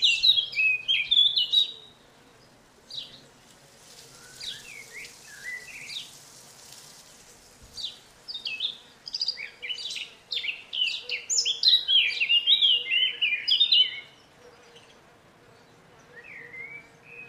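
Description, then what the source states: Blackcap song: several bursts of rich, varied warbling with short pauses between phrases, over a faint steady hum. Rich, varied warble usually starting with chattering and ending in flute-like notes; longer pauses than the garden warbler's.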